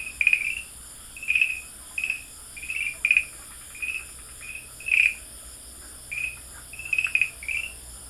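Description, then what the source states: Farmland green tree frog giving clipped, chirping notes, some in quick doubles, with a steady high-pitched hiss throughout. Dalin.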